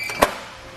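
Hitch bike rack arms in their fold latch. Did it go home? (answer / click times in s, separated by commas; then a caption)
yes / 0.2 s. The top lever on a Saris Glide EX hitch bike rack for 4 bikes, mounted on a 2019 Chevrolet Suburban, is pulled to rotate the rack down into its folded stowed position. A sharp snap at 0.2 s marks the arms latching into their fold latch, showing the rack is secure. A low background hum continues before and after the snap.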